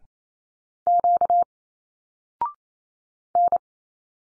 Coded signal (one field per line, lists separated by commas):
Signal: Morse code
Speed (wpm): 28 wpm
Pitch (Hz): 700 Hz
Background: none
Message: Q N